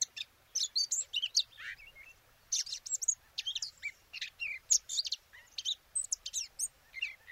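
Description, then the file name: Eurasian blackcap producing quick chattering phrases of sharp high notes and short slurred whistles in a steady stream, over a soft background hiss. "Sylvia atricapilla"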